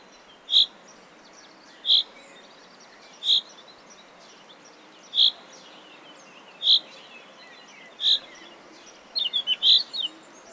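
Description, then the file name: Common chaffinch giving six short, sharp high calls at fairly even intervals, then a quick cluster of several notes, with faint bird chatter behind. "Fringilla coelebs"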